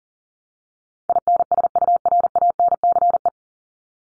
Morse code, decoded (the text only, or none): INSURANCE